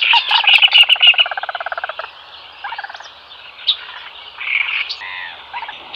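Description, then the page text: Little crake calling, a rapid run of clipped notes fading over about two seconds, then scattered softer calls. "Little Crake Calls. Quick Sounds"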